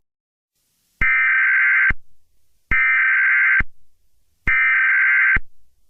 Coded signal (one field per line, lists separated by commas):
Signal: Emergency Alert System (SAME) tones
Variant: header bursts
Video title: EAS SCENARIO 7| Slenderman